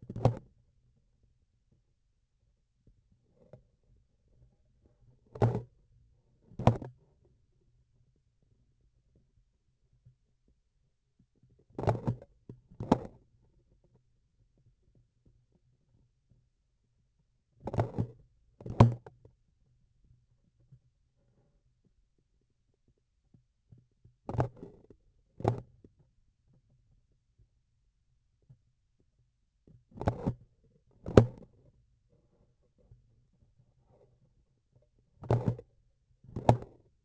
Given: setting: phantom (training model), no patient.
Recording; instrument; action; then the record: laparoscopic instrument, vibration sensor on the handle end; grasping forceps; opening and closing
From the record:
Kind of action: tool actuation without material contact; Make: other than Olympus